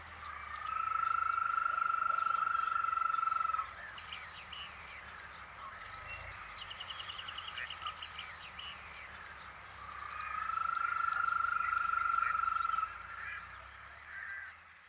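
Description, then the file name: European green toad giving two long, steady, purring trills several seconds apart, with quicker, higher pulsed calls chattering in the gap between them. Recorded 17 April 2013 at 18:31. "B18h31m51s17apr2013 ropucha zielona"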